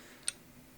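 During a field strip of a Colt Rail Gun 1911 .22LR pistol made by Walther, a tool presses the metal slide stop out of the frame from the other side. A single sharp, bright tick sounds at 0.3 s against a quiet background. The slide stop is released.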